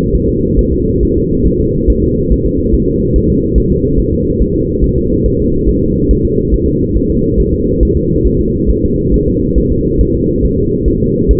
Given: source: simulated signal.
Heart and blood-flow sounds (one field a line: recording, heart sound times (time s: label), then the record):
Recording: fetal heart sounds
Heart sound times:
0.15 s: S1
0.29 s: S2
0.59 s: S1
0.73 s: S2
1.03 s: S1
1.17 s: S2
1.47 s: S1
1.61 s: S2
1.90 s: S1
2.04 s: S2
2.32 s: S1
2.46 s: S2
2.75 s: S1
2.88 s: S2
3.16 s: S1
3.30 s: S2
3.58 s: S1
3.72 s: S2
4.00 s: S1
4.14 s: S2
4.42 s: S1
4.55 s: S2
4.84 s: S1
4.98 s: S2
5.26 s: S1
5.40 s: S2
5.69 s: S1
5.83 s: S2
6.11 s: S1
6.25 s: S2
6.54 s: S1
6.68 s: S2
6.97 s: S1
7.11 s: S2
7.40 s: S1
7.54 s: S2
7.83 s: S1
7.97 s: S2
8.27 s: S1
8.41 s: S2
8.70 s: S1
8.84 s: S2
9.14 s: S1
9.28 s: S2
9.58 s: S1
9.72 s: S2
10.01 s: S1
10.15 s: S2
10.45 s: S1
10.58 s: S2
10.88 s: S1
11.02 s: S2
11.31 s: S1
From the record:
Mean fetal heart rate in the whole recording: 140 bpm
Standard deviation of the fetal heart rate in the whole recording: 2 bpm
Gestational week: 34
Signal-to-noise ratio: -10.2 dB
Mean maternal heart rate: 72 bpm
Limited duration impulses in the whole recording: present